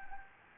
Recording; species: mosquito wingbeat signal from an infrared sensor; Anopheles gambiae